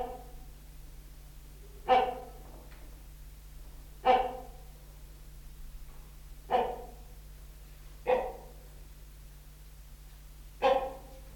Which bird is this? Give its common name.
Great Hornbill